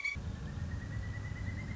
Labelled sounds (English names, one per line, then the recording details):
Pileated Woodpecker
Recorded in Sonoma County, California